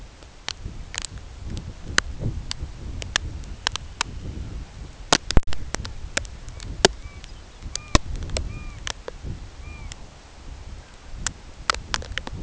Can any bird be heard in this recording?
yes